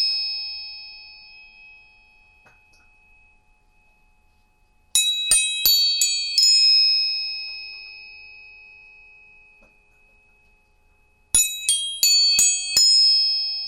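Tuning forks are struck in two quick bursts of about five taps each, near five seconds and again near eleven. Each bright metallic strike leaves clear, steady tones ringing on and fading slowly into a quiet, close background.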